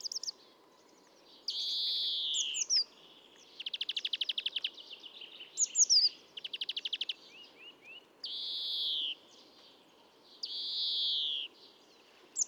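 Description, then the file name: European greenfinch calls: repeated long wheezy nasal notes alternating with fast dry trills and thin high twitters, in a steady sequence. "Chloris chloris"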